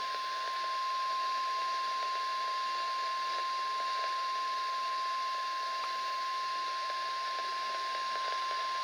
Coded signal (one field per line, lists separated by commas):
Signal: Emergency Alert System (SAME) tones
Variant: 1050 Hz attention tone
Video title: TORNADO WARNING (EAS Alert #1057)